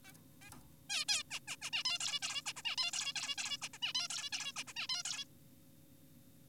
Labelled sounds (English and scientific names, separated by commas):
Zebra Finch (Taeniopygia guttata)